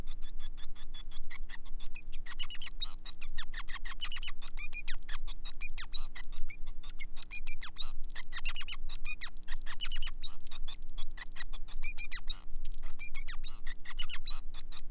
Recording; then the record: song of a male Bengalese finch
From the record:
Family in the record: son of father 5